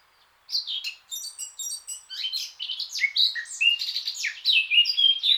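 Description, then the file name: Eurasian blackcap song: a rapid, continuous jumble of chattering and fluty warbled notes, building in loudness over several seconds. "Sylvia atricapilla"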